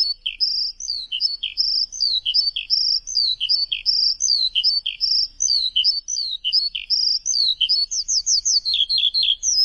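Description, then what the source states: Bird song: a steady flow of high chirps alternating between two pitches, ending in a quick burst of rapid notes. Chirping bird song for training pet birds.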